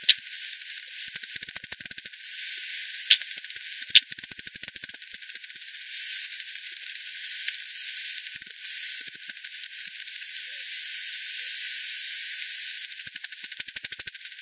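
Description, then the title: Bat echolocation calls as bursts of fast dry ticking clicks, separated by stretches of soft hiss, with a steady pulse train near the end. "bat 20201007 T 18 : 10 Z-Hogsmill-Lane-Hogsmill-River-multiple-bats"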